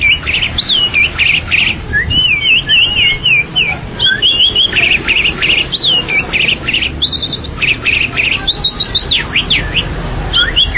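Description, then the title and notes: Bali myna song: a busy stream of loud whistled notes, rising and falling slurs and short chirps, repeated in quick varied phrases without pause. "Jalak Bali. Kicau Burung Jalak"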